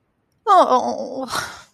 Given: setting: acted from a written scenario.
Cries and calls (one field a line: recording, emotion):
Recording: vocal sound without words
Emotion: disappointment